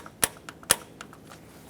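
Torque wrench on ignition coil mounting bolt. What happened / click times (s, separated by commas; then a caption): Torque wrench clicks at setting / 0.2 s, 0.7 s. A click-type torque wrench tightens the ignition coil mounting bolt on a 2012-2018 Nissan Altima 2.5L to 62 in-lbs. Two sharp clicks ring out at 0.2 and 0.7 seconds, with fainter ticks between and after. The wrench clicks on reaching its setting, so the bolt is torqued to spec.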